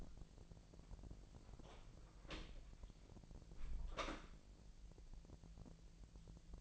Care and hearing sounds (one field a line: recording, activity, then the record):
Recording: daily activity, microphone in the room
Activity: close door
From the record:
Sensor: 5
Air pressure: 1001.5 hPa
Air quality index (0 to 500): 250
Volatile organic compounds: 35 ppm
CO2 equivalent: 3054 ppm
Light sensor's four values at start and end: 36/84/33/32 and 36/84/33/32